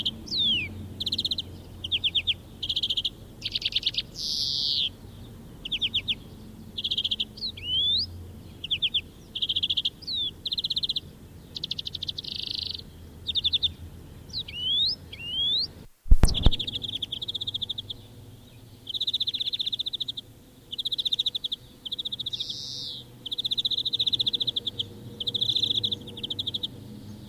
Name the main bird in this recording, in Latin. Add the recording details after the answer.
Chloris chloris. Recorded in the wild. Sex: male. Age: adult. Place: Erlangen, Wehneltstraße, Bayern, DE. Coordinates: 49.5781, 11.0028. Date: 1964-04-09. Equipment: Vollspur. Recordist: Tretzel, Erwin